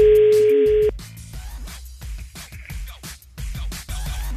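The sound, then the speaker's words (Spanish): A steady, unbroken phone tone after a call is cut off holds one mid pitch for just under a second, then cuts off abruptly and gives way to busier, uneven background sounds. “Se cortó la llamada, yo no tengo la culpa, discúlpame.”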